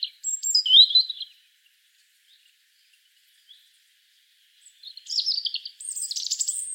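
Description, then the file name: Robin song with a short high whistled phrase, a pause of about three seconds, then a longer phrase of buzzy trills and very high thin notes. "Erithacus rubecula"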